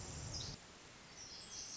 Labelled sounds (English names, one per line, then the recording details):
Pacific Wren
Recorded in Sonoma County, California